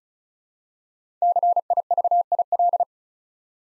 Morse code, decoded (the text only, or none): CIVIL